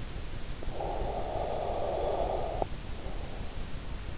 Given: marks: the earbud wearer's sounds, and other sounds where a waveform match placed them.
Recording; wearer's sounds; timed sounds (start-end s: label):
sounds in sleep by an in-ear microphone; breath
0.47-3.53 s: breath